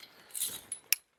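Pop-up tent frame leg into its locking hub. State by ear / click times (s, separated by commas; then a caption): seated / 0.9 s. The frame leg on the other side of a FanttikOutdoor Zeta A2 Pro pop-up shower tent is extended into its locking hub, with a brief rustling slide and a small tick before the lock snaps sharply at 0.9 s. The leg clicks into place and is seated.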